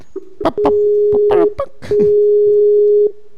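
A steady, mid-pitched telephone ringback tone of a second outgoing call attempt sounds twice, each ring lasting about a second with a short gap between, while brief bursts of a voice cut in over it.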